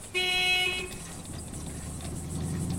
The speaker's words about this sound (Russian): Мимо проезжает автобус. Приостановился рядом идущего мимо семьянина.